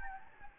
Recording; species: mosquito wingbeat signal from an infrared sensor; Anopheles gambiae